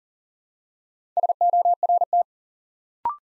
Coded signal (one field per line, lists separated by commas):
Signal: Morse code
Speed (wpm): 37 wpm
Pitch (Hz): 700 Hz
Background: none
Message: SORT